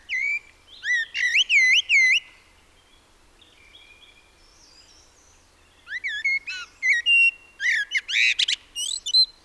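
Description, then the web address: Common blackbird singing two phrases: repeated looping fluty whistles, a quiet gap, then a longer run of varied warbles and high squeaky twitters. "SETE Turdus merula"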